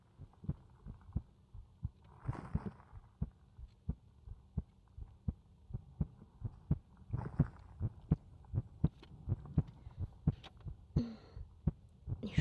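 Steady low heartbeat thumps of an adult woman, about 85 a minute, heard close with the head resting against her chest, with brief rustling; an ordinary heartbeat.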